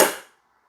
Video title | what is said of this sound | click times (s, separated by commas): 애플페이 와이파이 카드단말기 KIS-2420 사용가이드 키인결제 가능 설치문의 1522-7221 | 자 넣을 때도 딱 소리가나요 | 0.0 s